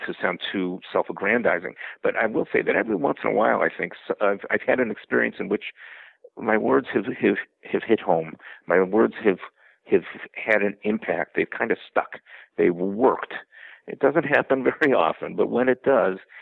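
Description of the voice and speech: Adult male speaker who stutters, a rabbi, speaking in an interview. Stuttering with repeated words and pauses, e.g. "my words have... have".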